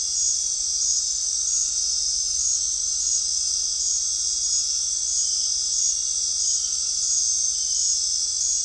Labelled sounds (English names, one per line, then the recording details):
none
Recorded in dense forest near Puerto Asís, Putumayo, Colombia, on 13 March 2025 at 20:30
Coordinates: 0.499, -76.324
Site GP03